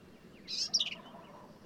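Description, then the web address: Black-capped vireo with one brief phrase of high, slurred notes that step downward. "birdsongforthecurious Black-capped Vireo"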